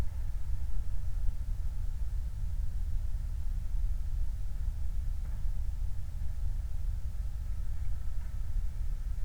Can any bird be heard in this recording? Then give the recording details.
yes. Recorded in the Prudhoe Bay oil fields, Alaska, on 29 July 2019. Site 29